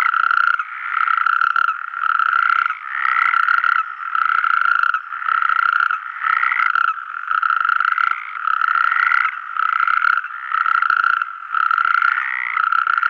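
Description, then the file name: Natterjack toads in a loud chorus of rasping, rattling calls, overlapping in repeated bursts with short gaps between them, continuing throughout. "crapaud calamite"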